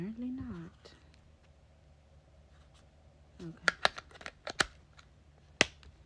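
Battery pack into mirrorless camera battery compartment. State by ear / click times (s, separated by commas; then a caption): seated / 5.6 s. Someone talks, then a battery pack is pushed into the battery compartment of a Sony ZV-E10 mirrorless camera on a second attempt, with a run of light clicks and rattles from about 3.7 to 4.6 s. At 5.6 s the battery latches into place with a loud, sharp snap, seating fully.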